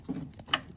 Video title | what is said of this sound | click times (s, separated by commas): The Best New F-150 Headlights from Diode Dynamics: Elite Series Max | Well, it did it, but it didn't really make a satisfying click. | 0.5 s